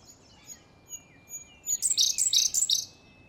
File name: robin-indian-blue Larvivora-brunnea